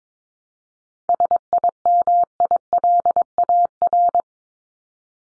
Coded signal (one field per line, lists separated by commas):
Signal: Morse code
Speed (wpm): 22 wpm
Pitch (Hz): 700 Hz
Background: none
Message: SIMILAR